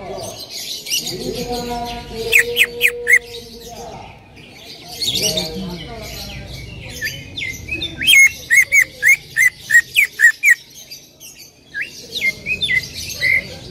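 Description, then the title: Bird song mixing whistled notes and sharp chirps, with a series of repeated short notes. "Kicau Burung"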